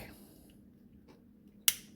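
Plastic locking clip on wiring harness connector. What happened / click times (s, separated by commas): The connector clip snapped into place / 1.7 s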